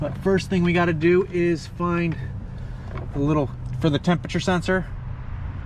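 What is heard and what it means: During a blower motor replacement on a Mercedes W212 E350, someone talks while handling the plastic temperature sensor that goes into its mount on the HVAC blower housing, with two faint brief ticks near 2.9 and 3.0 seconds. The sensor has not been pushed home yet, and nothing has seated or clicked.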